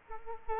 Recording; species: mosquito wingbeat signal from an infrared sensor; Culex quinquefasciatus